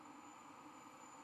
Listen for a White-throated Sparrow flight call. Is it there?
no